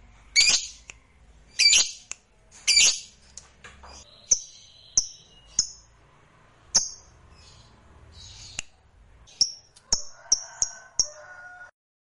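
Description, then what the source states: Lovebird giving a few harsh screeches, then a series of short sharp high chips and squeaks, irregularly spaced with pauses. Fighter-type lovebird singing energetically (gacor).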